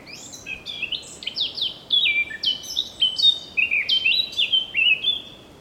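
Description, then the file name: Eurasian blackcap song: a lively warble growing into a long run of bright, fluty whistled notes that rise and fall. "Sylvia atricapilla"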